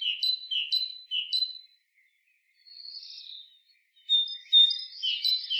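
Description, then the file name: Great tit calls: three sharp two-part notes repeated about every half second, then a soft hiss-like note and a burst of quicker mixed notes. "Parus major"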